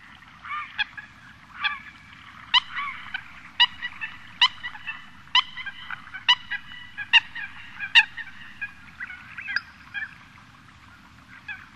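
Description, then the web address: Eurasian coot calls: loud, abrupt, harsh notes repeated irregularly, several sharp high clicks standing out over a steady low background hum. Recorded in the Sakhalin and Kuril Islands region. "priroda-sakhalina-i-kuril Fulica atra"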